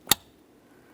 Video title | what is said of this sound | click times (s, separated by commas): How to Replace Blower Motor Assembly 2007-2017 Jeep Patriot | After that audible click, just go ahead and give it a little tug. | 0.1 s